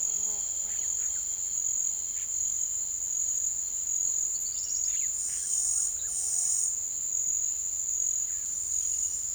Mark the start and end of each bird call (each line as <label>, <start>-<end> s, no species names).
bird call, 0.00-1.33 s
bird call, 4.29-6.14 s